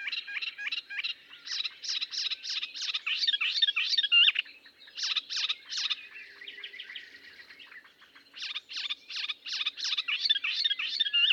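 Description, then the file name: Melodious warbler song: rapid repeated chattering notes in quick phrases, a brief softer babble, then more brisk chatter. "British Library - Melodious Warbler Hippolais polyglotta"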